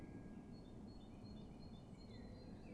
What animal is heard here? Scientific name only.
Parus major